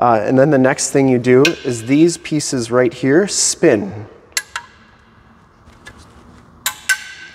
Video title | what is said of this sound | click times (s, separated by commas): HOW TO INSTALL ROOF RACK RAIL CROSS BARS ON YOUR JEEP WAGONEER AND GRAND WAGONEER | then they snap into place. So then that's locked into place and can't move. | 6.7 s, 6.9 s